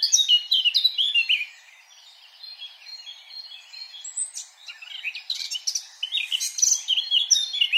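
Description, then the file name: Eurasian blackcap song with a loud opening warble, a soft lull, then a run of rapid, varied twittering and fluty phrases to the end. "Sylvia atricapilla"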